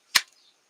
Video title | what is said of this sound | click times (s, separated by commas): SUNDAY SOCIAL PUBS OPEN WELCOME ONE AND ALL | it clicks in | 0.2 s